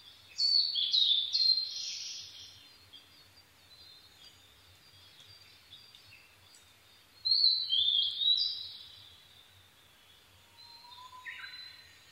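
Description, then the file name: Blue-and-white flycatcher singing two loud, high whistled phrases about seven seconds apart, each rich and warbling, then a softer short phrase near the end. Recorded 22 May 2011 at 04:34. "ooruri-20110522-0434"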